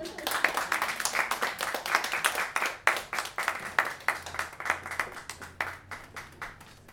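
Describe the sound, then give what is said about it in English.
An open mic audience applauds a performer steadily for about seven seconds, dense overlapping claps forming a continuous patter with no talking over it, holding fairly even in loudness throughout. “Everybody give her another round of applause.”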